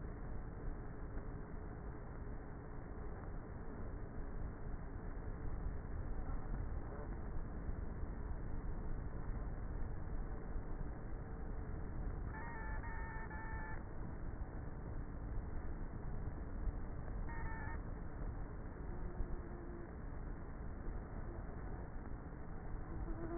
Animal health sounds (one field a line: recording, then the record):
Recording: honeybee colony, microphone inside the hive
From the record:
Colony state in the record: queenless with a low population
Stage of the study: before two queens were removed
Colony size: about 30,000 bees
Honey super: no